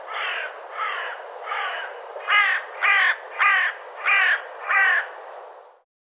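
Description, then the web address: Bird giving harsh, hoarse caws in a steady series of about eight, the first three softer and the rest louder, each roughly half a second long. "cianscape birddata Deverinetal 2025"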